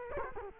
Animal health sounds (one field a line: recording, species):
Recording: mosquito wingbeat signal from an infrared sensor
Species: Culex quinquefasciatus